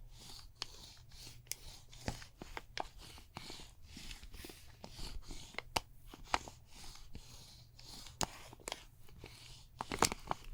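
Massage sounds with no talking: soft rubbing and brushing strokes of skin and fabric layered over a low steady hum. Sharp crisp taps and clicks land irregularly, about every half second, with a louder cluster near the ten-second mark.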